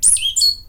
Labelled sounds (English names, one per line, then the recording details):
Stitchbird song
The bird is a male
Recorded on Tiritiri Matangi Island, New Zealand, in 2005
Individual 22, of nest box 31